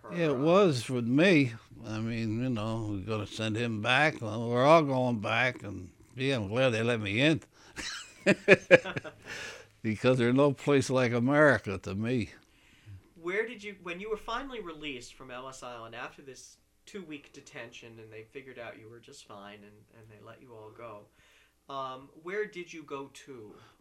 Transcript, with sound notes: Yeah, it was with me, I mean, you know, "If you're going to send him back we're all going back," and gee, I'm glad they let me in (they laugh) because there is no place like America to me.
Where did you, when you were finally released from Ellis Island after this two week detention and they figured out you were just fine and they let you all go, where did you go to?